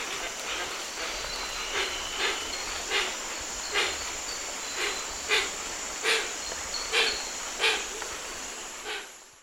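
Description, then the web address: Hoatzin giving a series of harsh, wheezy hissing calls at slightly irregular spacing, over a steady high insect drone. Eastern lowlands of South America. "Natures Songs S America Eastern Lowlands. Hoatzin"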